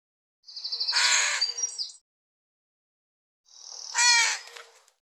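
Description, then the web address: Bird giving two harsh, raspy calls, each a loud buzzy burst with a thin whistled edge, silence in between. "cianscape birddata Deverinetal 2025 File cleaned normalized Bird"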